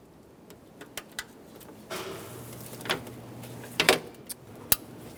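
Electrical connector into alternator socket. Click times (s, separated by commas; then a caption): 4.7 s. The lower electrical connector on the alternator of a 2011–2020 Toyota Sienna is pressed onto its plastic socket, with a few light taps and rustles as it is worked into place. It latches with a sharp click at 4.7 s, confirming it is seated, and is then given a tug to check it is secure.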